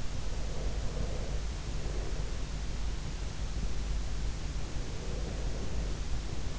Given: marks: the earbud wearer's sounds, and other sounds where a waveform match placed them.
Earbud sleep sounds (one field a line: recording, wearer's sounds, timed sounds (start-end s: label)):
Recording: sounds in sleep by an in-ear microphone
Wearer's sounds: breath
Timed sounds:
0.46-2.15 s: breath
4.75-6.57 s: breath